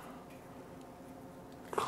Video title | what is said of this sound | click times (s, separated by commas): How to replace Key FOB buttons - Chevy Cruze | clamp down. You'll hear a satisfying snap. | 1.7 s, 1.8 s